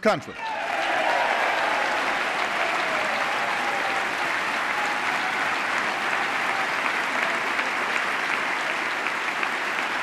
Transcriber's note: applause